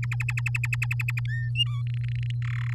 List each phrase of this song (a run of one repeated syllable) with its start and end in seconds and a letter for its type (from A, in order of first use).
0.02-1.20 A, 1.28-1.49 B, 1.55-1.82 C, 1.87-2.31 D, 2.42-2.73 E